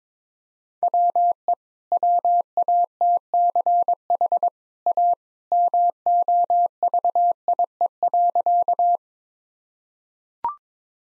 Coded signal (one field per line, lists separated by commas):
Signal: Morse code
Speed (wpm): 22 wpm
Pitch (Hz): 700 Hz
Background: none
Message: WE WATCH A MOVIE.